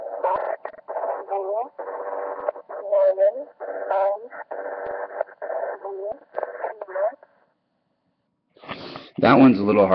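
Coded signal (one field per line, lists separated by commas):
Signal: numbers station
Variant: German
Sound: tinny radio voice speaking short evenly spaced words for seven seconds, then a pause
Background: narrator speech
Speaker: I'll play you a little clip of what one of them sounded like here this is from East Germany during the Cold War it ran from the early 1950s clear until around 2000 but here it is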